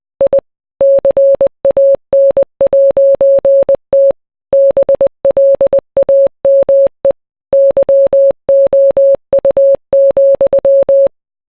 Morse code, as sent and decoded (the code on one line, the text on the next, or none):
.. / -.-. .- -. .----. - / -... .-.. .- -- . / -.-- --- ..- --..--
I CAN'T BLAME YOU,